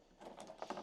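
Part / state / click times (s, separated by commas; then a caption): roller shutter cover locking into its rear catch on a pickup bed / seated / 0.6 s. A ProRoll roller shutter cover on a Ford Ranger Tremor pickup bed is pulled back along the bed, giving a soft rolling rattle. Sharp clicks follow at 0.4, 0.6 and 0.7 seconds. The strongest click, at 0.6 seconds, is the cover's lock catching and seating at the rear end.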